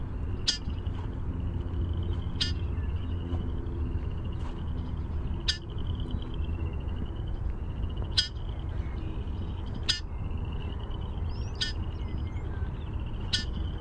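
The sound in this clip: Red-winged blackbird calls, sharp clicking chips every one to three seconds with faint thin whistled notes, over a loud steady low rumble of wind or traffic.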